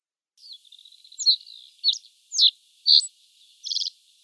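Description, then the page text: Pine bunting song: a faint high buzz followed by five sharp, high chirps about half a second apart, the last a brief rattling trill. "Звук Белошапочная овсянка поет трели"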